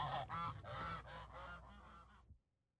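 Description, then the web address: Goose honks, a rapid run of several loud nasal calls, then silence. "Madacy Music Group Inc 292 Sound Effects. Geese And Ducks"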